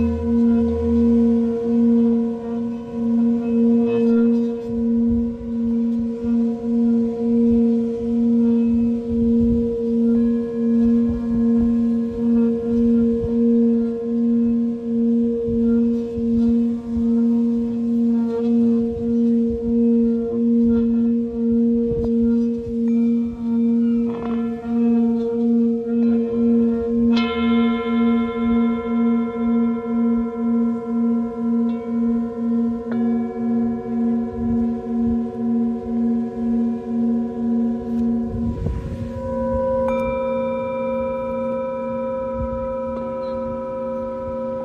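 A singing bowl rings with a steady, pulsing hum that wavers evenly throughout. Around 27 seconds a new bright strike adds higher ringing tones, and near 38 seconds another strike shifts the pitch, while a low rushing murmur sits underneath the whole time.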